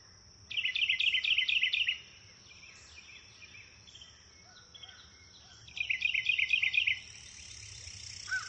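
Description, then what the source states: Bird chirping: two loud bursts of rapid high twittering, each about a second and a half, separated by quieter scattered chirps, over steady high background noise. Nature ambience recorded in a wood near a river, with birds chirping.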